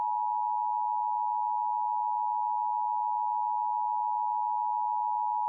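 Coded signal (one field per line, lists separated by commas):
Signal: Emergency Alert System (SAME) tones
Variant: 853 and 960 Hz attention tone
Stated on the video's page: Fake EAS alert about a fictional nuclear plant fire, a mock with multiple activations and added external sound effects.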